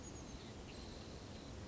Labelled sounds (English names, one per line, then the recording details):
Chestnut-backed Chickadee
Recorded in Sonoma County, California